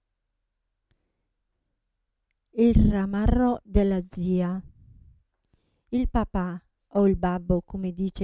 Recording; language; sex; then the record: read passage; Italian; female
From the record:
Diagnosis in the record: Parkinson's disease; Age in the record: 67 years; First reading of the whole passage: 79 s, 6.5 characters per second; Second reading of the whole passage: 74 s, 7.0 characters per second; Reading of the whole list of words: 72 s, 3.9 characters per second